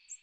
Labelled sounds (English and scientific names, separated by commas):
American Redstart (Setophaga ruticilla) flight call